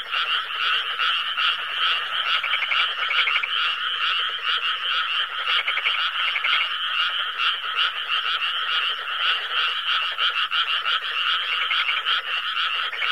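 Dense frog chorus with steady rapid pulsing croaks and trills running throughout without a break.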